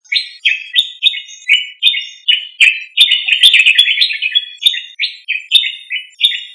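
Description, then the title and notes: Bird song of rapid, repeated short buzzy chirping phrases, with a denser burst of chatter midway. Indonesia. "Kicau Burung Indonesia"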